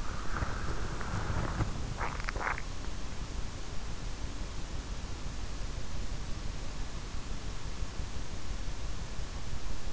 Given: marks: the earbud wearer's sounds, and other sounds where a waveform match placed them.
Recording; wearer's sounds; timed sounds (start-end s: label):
sounds in sleep by an in-ear microphone; body movement
0.00-3.05 s: body movement